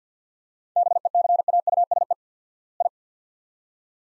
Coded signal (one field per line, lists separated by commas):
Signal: Morse code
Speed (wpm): 50 wpm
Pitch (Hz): 700 Hz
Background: none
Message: BECAUSE I